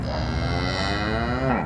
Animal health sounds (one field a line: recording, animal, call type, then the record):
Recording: contact call of a hoofed animal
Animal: cattle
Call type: low-frequency (closed-mouth) or high-frequency (open-mouth) call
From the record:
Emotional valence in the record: negative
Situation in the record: full separation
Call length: 1.66 s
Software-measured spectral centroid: 1880 Hz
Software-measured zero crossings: 1810 a second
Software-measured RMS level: -24 dBFS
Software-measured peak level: -8 dBFS